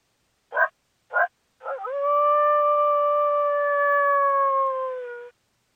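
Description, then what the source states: Coyote barks and howl: two short, sharp barks, then a long, even howl that sags slightly at the close. Call linked to mating.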